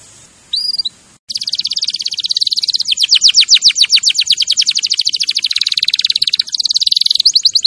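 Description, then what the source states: Canary song: a short whistle, then an extended rapid trill of sweeping notes merging into buzzy rolls. Champion canary song used as a master recording for training other birds.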